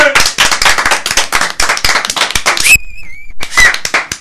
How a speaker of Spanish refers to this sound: Ahí está. ¡Un aplauso!